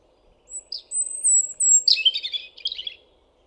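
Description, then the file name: European robin song opening with drawn-out, piercing high whistles, then breaking into a rapid, scratchy twittering flourish. "Erithacus rubecula"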